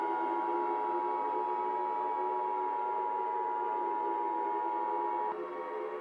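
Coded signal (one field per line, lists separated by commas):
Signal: Emergency Alert System (SAME) tones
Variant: 853 and 960 Hz attention tone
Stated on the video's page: Fictional EAS scenario, a work of fiction, said to contain valid tones.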